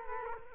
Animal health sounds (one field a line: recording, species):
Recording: mosquito wingbeat signal from an infrared sensor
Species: Culex quinquefasciatus